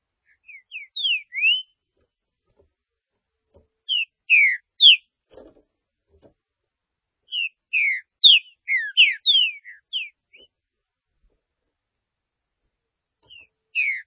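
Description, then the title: Green-winged saltator singing rich whistled phrases of swooping notes, several phrases a few seconds apart, the last one cut short; faint tapping sounds in the background. "Trinca Ferro"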